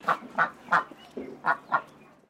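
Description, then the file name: Pekin duck quacking: six nasal, honking quacks in quick succession over about two seconds, the fourth lower and softer than the rest. "BIRD DUCK PEKING QUACK"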